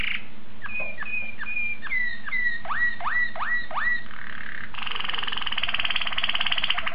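Domestic canary song: a series of sweeping whistled notes repeated about three per second, then a dense, buzzy rolling trill at the end, over a low steady hum.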